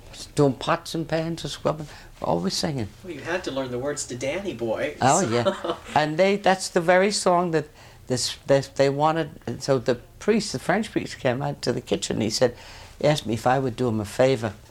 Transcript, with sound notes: doing pots and pans and scrubbing, always singing.
Well, you had to learn the words to "Danny Boy." ( he laughs )
Oh, yeah. And they, that's the very song that they wanted. So the priest, the French priest came out to the kitchen and he said, he asked me if I would do him a favor.